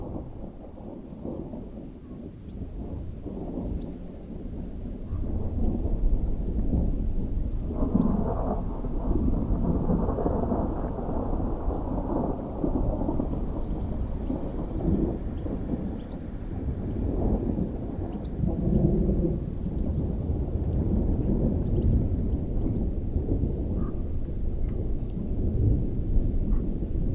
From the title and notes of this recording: The distant thunder and gentle rain weave a symphony. Recorded by Simon Serc & Martina Testen.